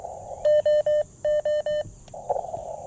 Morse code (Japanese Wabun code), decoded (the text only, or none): none